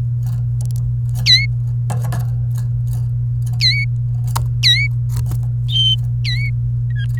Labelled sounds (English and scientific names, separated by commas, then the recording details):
Domestic Canary (Serinus canaria) song
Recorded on 29 April 2018 at 10:35
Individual llb3